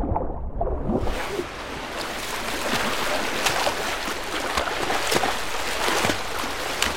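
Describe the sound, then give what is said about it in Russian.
Water splashes steadily as a young woman swims through a pool, a continuous rushing wash broken by sharper, rhythmic strokes, with no voices. “Парень пристально смотрит на проплывающую девушку.”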